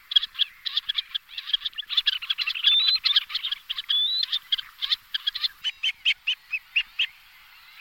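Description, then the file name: Black-necked grebe giving a rapid, rattling trill of clipped notes with a few rising whistles, slowing into spaced single calls toward the end. "potápka-černokrká"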